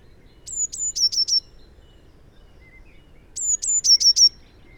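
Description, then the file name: Eurasian blue tit giving two sharp high whistled notes and a fast trill, the phrase heard twice with a quiet gap between. "Cyanistes caeruleus"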